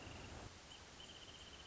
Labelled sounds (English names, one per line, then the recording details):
Wrentit
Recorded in Sonoma County, California